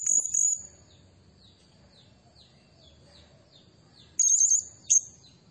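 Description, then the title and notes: Blue-crowned hanging parrot giving very high, thin trilled bursts at the start and again near the end, with faint short descending notes in the quiet gap. Serindit lure and training recording used to tutor and attract other birds; energetic 'gacor' singing in the 'nembak' style. "Burung Serindit Nembak Gacor Bikin Emosi Semua Burung. Suara Nasteran Dan Pemikat Burung Serinditan Gacor"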